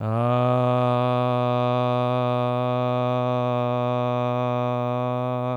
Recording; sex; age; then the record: sustained vowel /a/; male; 30 to 39 years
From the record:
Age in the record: 30 years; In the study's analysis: included